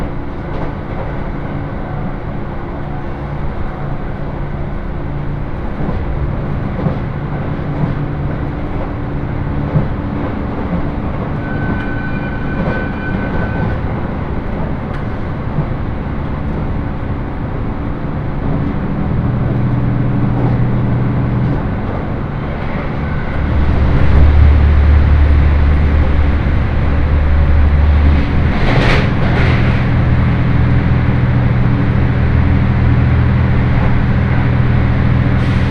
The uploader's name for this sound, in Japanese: 仙石東北ライン快速 高城町→仙台